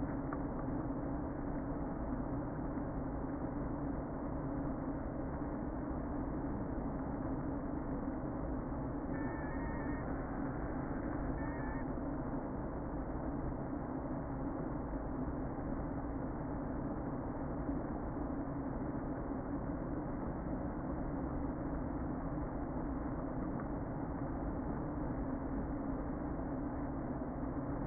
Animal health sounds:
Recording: honeybee colony, microphone inside the hive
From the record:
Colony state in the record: queen present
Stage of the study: before two queens were removed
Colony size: about 60,000 bees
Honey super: yes

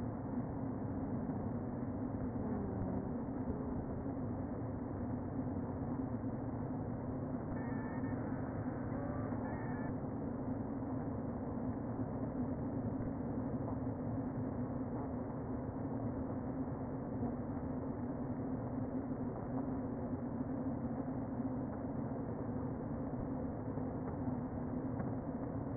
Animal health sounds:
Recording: honeybee colony, microphone inside the hive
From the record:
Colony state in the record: queen present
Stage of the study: before two queens were removed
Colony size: about 60,000 bees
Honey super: yes

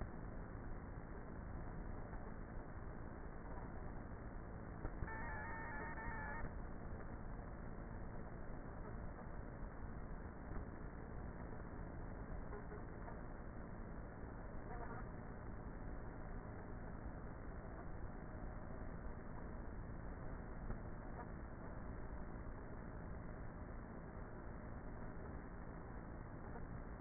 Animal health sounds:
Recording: honeybee colony, microphone inside the hive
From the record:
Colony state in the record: queenless with a low population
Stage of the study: before two queens were removed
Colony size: about 30,000 bees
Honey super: no

